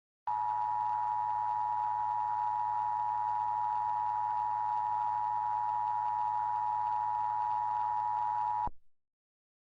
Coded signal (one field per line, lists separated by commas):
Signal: Emergency Alert System (SAME) tones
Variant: 853 and 960 Hz attention tone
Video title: EAS Scenario 6: Kameron EXE